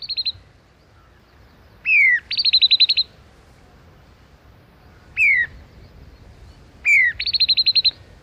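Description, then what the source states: Common babbler calls: falling whistled notes, some followed by a rapid string of short piping notes, the pattern repeating several times over low background noise. Forages in flocks in dry open country and semi-desert scrublands; when agitated or disturbed, whistles in a not so orchestrated chorus, twitching tails and wings, hopping from bush to bush.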